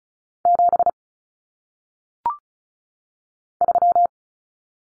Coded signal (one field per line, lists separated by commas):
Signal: Morse code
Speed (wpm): 35 wpm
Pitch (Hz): 700 Hz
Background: none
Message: 7 3